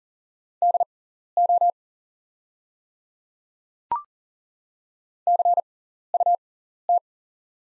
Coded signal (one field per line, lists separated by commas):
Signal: Morse code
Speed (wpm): 40 wpm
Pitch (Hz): 700 Hz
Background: none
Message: DO CUT